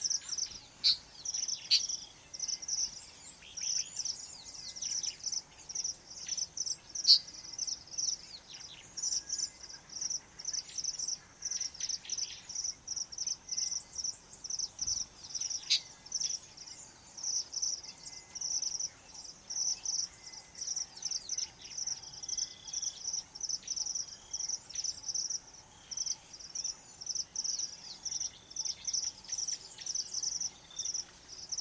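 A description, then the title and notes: An afternoon in the African bush, filled with a dense, high, steady trill of insects that pulses rapidly throughout. Short bird chirps and calls break in every few seconds, some sharp, over a faint low rumble. Lazy Afternoon In The Savanna. The sound of the African bush on a hot afternoon is pretty relaxed. Gone is the lush dawn chorus as most animals are avoiding the scorching midday sun.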